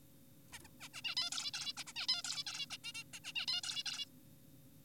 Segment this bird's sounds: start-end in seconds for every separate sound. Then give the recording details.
0.53-0.59, 0.64-0.68, 0.80-0.89, 0.94-1.02, 1.04-1.15, 1.17-1.30, 1.32-1.51, 1.54-1.73, 1.77-1.84, 1.87-1.93, 1.96-2.07, 2.09-2.22, 2.24-2.44, 2.47-2.66, 2.71-2.77, 2.84-2.92, 2.95-3.04, 3.14-3.20, 3.24-3.32, 3.36-3.46, 3.48-3.61, 3.64-3.83, 3.86-4.06. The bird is an adult. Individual g4p5U